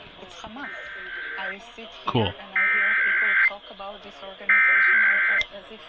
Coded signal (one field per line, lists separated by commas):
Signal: Emergency Alert System (SAME) tones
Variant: header bursts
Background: speech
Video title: FINALLY CATCHING BACK UP... EAS Tests from October 2025 (EAS #6,384 - 6,444)